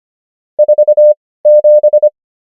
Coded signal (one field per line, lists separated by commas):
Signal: Morse code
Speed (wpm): 25 wpm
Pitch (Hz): 600 Hz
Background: none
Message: 47